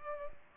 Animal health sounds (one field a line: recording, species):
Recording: mosquito wingbeat signal from an infrared sensor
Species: Culex pipiens